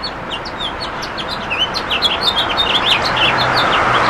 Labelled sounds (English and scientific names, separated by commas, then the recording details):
House Finch (Haemorhous mexicanus) song
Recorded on Long Island, New York, on 23 June 2012
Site JA
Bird A